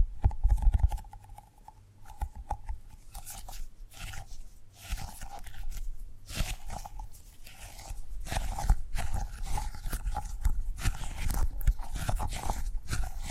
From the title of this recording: Tapping and Gripping Sounds